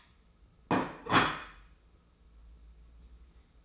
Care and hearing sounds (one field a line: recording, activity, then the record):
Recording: daily activity, microphone in the room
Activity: place plate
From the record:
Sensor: 1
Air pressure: 994.5 hPa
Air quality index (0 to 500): 217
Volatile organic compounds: 1000 ppm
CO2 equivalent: 7765 ppm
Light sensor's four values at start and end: 59/130/59/62 and 59/130/58/62